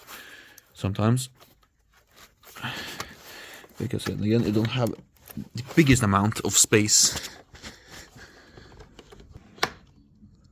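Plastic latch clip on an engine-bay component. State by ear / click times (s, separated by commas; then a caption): released / 9.6 s. Someone talks while pressing down on a plastic latch clip on an engine-bay component in the tight engine bay of an OG 9-3, flipping it to the side during service work. A sharp click sounds at 9.6 s as the latch releases, freeing the part so it can be lifted up.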